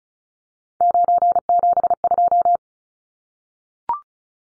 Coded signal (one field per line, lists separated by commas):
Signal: Morse code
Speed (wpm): 34 wpm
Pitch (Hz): 700 Hz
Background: none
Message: 972